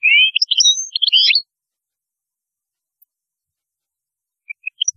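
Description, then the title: European goldfinch song: a bright slurred whistle and tumbling twitter, a long pause, then a few soft notes starting again. "Chant Chardonneret"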